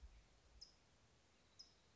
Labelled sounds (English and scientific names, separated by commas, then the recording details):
California Towhee (Melozone crissalis)
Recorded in Sonoma County, California